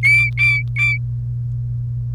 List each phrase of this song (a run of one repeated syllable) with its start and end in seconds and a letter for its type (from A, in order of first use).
0.03-0.98 A